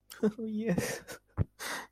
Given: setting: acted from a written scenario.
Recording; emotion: vocal sound without words; elation